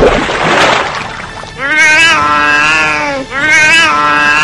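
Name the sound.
cat meowing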